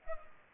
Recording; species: mosquito wingbeat signal from an infrared sensor; Culex pipiens